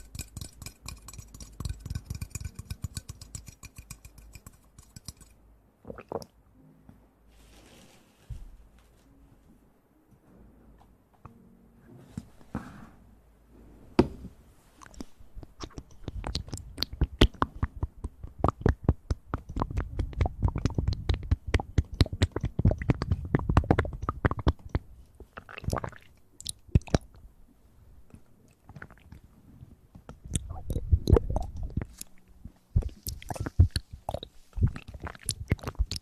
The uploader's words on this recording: Relaxing Ear Eating.